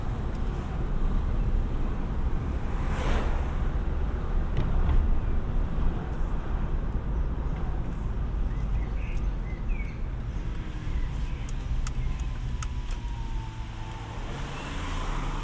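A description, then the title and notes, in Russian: Steady road noise from a car dominates, a dense low rumble that holds nearly unchanged for the whole stretch. A brief brighter whoosh rises around three seconds, and a faint thin whine drifts in near twelve seconds. A few small clicks and ticks sit on top. 3D прогулка по Сочи.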